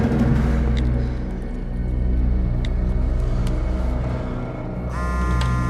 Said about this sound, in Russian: Машина в конце проулка сдает назад и возвращается на улицу.